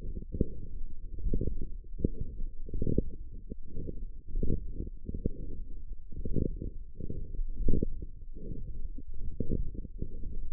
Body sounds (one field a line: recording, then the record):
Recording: forearm muscle sounds (acoustic myography)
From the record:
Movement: forearm pronation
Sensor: system 1, eight BSWA MPA416 microphones around the upper forearm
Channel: 6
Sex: male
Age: 23 years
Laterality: right